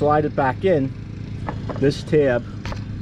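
After the locking tab has been pried open and the terminal cleaned, a metal wire terminal is slid back into the plastic connector housing of a riding mower while someone talks over a steady low hum. Nothing has seated or clicked yet; the terminal is not yet locked into place.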